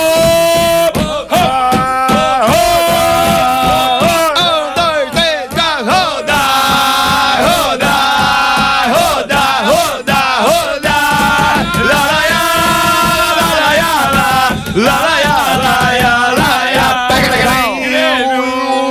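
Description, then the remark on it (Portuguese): An end-of-season football crowd, not out in full numbers, cheers and chants in a loud, continuous wall of voices, with sustained sung tones rising and falling in unison throughout. “Final de temporada, a torcida não vem em peso.”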